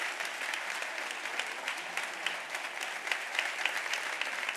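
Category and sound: crowd, audience applause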